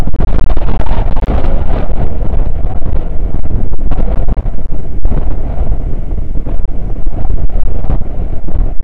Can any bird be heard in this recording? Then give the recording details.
no. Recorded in the Prudhoe Bay oil fields, Alaska, on 9 August 2019 at 00:03. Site 29